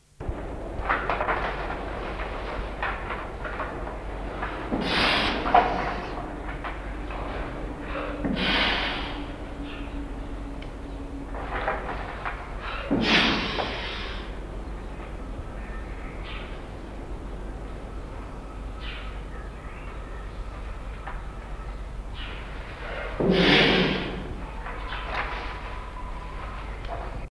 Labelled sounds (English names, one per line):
Andean Condor call